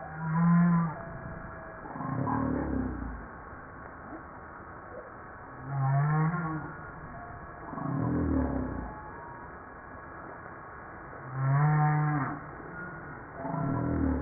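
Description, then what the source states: Humpback whale song in a regular cycle of short low moans each followed by a descending groaning sweep, the pair repeating about every five to six seconds. Recorded 5 March 1994.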